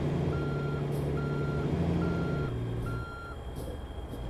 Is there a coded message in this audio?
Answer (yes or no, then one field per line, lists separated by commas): no